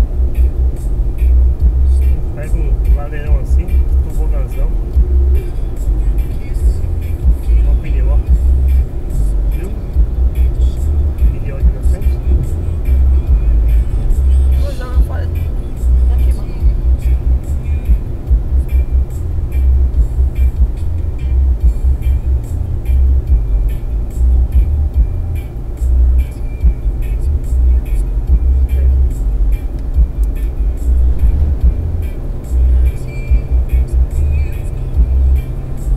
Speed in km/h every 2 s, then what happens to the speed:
119, 121, 124, 125, 127, 128, 129, 128, 123, 118, 113, 109, 108, 109, 110, 113, 116, 118.
0-13 speeds up to 129. 13-23 slows to 108. 23-36 speeds up to 118.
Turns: none.